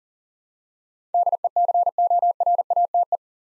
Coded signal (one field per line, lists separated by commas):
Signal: Morse code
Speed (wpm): 41 wpm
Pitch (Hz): 700 Hz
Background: none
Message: DECORATE